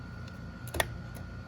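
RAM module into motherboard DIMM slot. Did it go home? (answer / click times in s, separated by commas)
yes / 0.8 s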